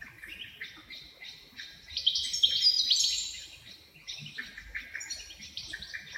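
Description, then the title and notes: Wrens trilling and chittering in high, fast overlapping phrases, rising to a busier burst in the middle. Dozens of wrens in the backyard of a home in Dover, southern Tasmania. "Nature Sounds Tasmania - Dover Wrens. The sounds of dozens of wrens in the backyard of a home in Dover, southern Tasmania"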